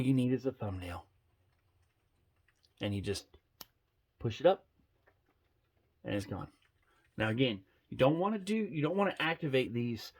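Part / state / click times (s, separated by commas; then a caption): lighted nock in an arrow shaft / seated / 3.6 s. Someone talks while a lighted nock is pushed up with a thumbnail into the back of an arrow shaft. Faint ticks at 2.5 and 2.6 seconds are followed by a sharp click at 3.6 seconds as the nock seats into position and its light goes out. The talking then continues.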